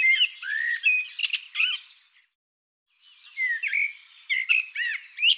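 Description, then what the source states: Bird song of two dense, busy phrases with swooping whistles, sharp clicks and scratchy chatter, divided by a brief quiet pause. Bird labelled "Tu Me".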